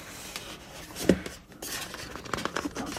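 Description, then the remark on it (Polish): A miniature Chesley turntable, about the size of three cigarette packs, being unpacked: scattered plastic clicks, rustling and light scraping, with one sharper knock partway through, all fairly quiet and with no talking. “Gramofon Chesley jest właśnie odpakowywany.”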